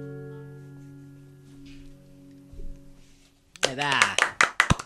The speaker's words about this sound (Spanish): Tuvimos que poner los aplausitos nosotros porque tenemos como un efecto de aplausitos, pero hoy no está, así que aplaudimos nosotros bien, bien. Así al palo. Es un efecto manual. Un efecto, claro, exactamente, un efecto caserito y manual.